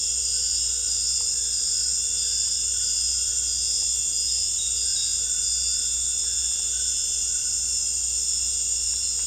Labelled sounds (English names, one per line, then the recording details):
none
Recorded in dense forest near Puerto Asís, Putumayo, Colombia, on 21 December 2024 at 18:30
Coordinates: 0.486, -76.317
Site G003